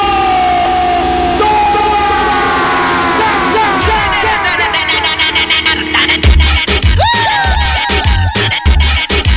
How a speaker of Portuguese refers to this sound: Só quem veio de moto pro junto aí, prepara que na volta vai ser assim, ó. Acelerando tudo!